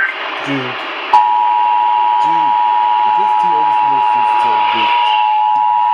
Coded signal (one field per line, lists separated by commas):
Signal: Emergency Alert System (SAME) tones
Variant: 853 and 960 Hz attention tone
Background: speech